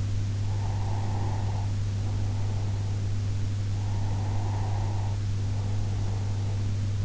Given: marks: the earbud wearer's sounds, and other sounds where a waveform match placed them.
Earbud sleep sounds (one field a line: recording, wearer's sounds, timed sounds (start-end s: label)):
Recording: sounds in sleep by an in-ear microphone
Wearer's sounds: breath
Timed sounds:
0.54-3.29 s: breath
3.90-6.97 s: breath